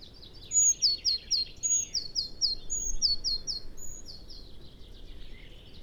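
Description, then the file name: Eurasian blue tit calls: several high piercing notes, each followed by rapid falling notes in close succession, then fading, over a low rumbling noise. "Cyanistes caeruleus"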